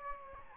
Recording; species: mosquito wingbeat signal from an infrared sensor; Aedes albopictus